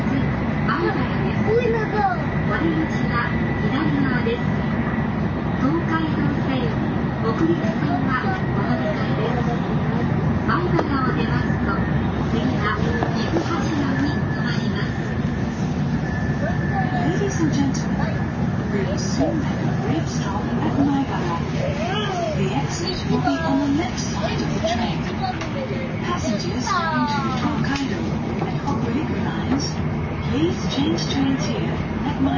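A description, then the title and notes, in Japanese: Inside a JR N700 series train running between Kyoto and Shin-Yokohama, a steady low rumble fills the cabin throughout. Voices murmur over it without pause, and a faint thin tone hovers above, with occasional brief clicks and rattles. JRN700系 京都〜新横浜。ひかり530号に乗車し、録音しました。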